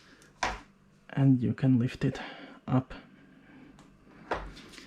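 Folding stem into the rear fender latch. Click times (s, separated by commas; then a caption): 0.4 s. The folded stem of a NIU KQi2 Pro electric kick scooter is brought down onto the deck and clicks into the rear fender latch with a sharp snap at 0.4 s, seating it in place. Someone then talks, with a few softer handling knocks afterward.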